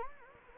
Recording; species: mosquito wingbeat signal from an infrared sensor; Anopheles gambiae